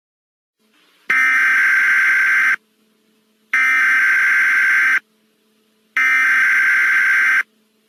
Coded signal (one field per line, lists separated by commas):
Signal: Emergency Alert System (SAME) tones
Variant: header bursts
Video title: EAS Scenario Spirit Halloween Animatronics